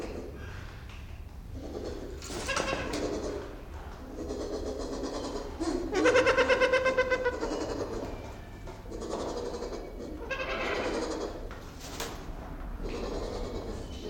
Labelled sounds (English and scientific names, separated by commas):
White-crowned Hornbill (Berenicornis comatus)